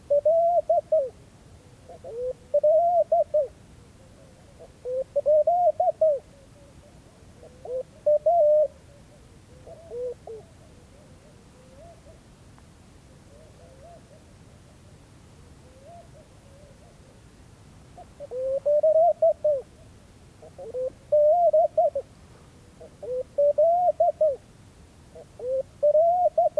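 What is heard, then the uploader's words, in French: A male dove coos at daybreak, giving soft, rounded hoots in short repeated phrases through the first ten seconds. After a quiet stretch of several seconds, the cooing resumes near the end. A faint low rumble sits underneath throughout. Murmures d'oasis - Mauritanie. Guelta de Elghedyia - Mauritanie - Tlp7 - Mixpre3. Le murmure des Tourterelles maillées (Streptopelia senegalensis). Il forme le fond sonore de nombreux oasis dans le désert. Au lever du jour, les mâles roucoulent et paradent durant les heures aux températures agréables.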